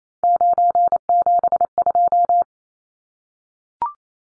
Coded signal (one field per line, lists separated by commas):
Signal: Morse code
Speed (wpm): 28 wpm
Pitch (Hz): 700 Hz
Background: none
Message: 972